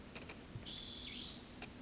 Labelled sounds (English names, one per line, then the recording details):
Spotted Towhee
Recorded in Sonoma County, California